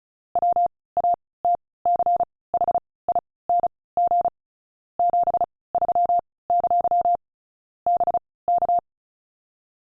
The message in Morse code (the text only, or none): WATCHING 73! BK